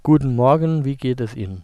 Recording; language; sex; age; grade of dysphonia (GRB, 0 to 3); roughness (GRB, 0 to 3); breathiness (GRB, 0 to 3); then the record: spoken sentence; German; male; 18 to 19 years; 0; 0; 0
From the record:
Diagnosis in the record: healthy voice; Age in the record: 19 years